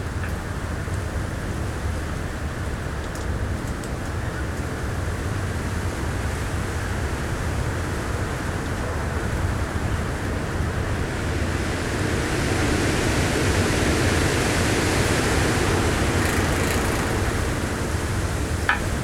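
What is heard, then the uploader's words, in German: A storm blows across open land as a dense, steady roar of wind that grows brighter and louder after about twelve seconds, with low rumbling underneath. Sturm Nadia zieht über das Land. Der Sturm Nadia hat mittlerweile die deutsche Nordseeküste erreicht. Es windet - nein, eigentlich stürmt es.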